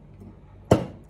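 A Camping Gaz camping stove head has its black collar turned and is then pressed down onto a CV250 gas cartridge, giving a single sharp hit at 0.7 s over a quiet background, followed by a much fainter tick at 1.1 s. The stove head is seated on the cartridge.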